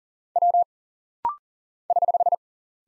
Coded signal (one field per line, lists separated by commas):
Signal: Morse code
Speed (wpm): 40 wpm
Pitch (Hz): 700 Hz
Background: none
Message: W <HH>